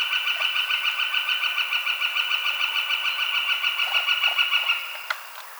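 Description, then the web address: Northern flicker call, a fast, even series of wick notes, about three or four each second, for nearly five seconds before fading, followed by a sharp click. Recorded 22 March 2007. "Northern Flicker 2007 03 22"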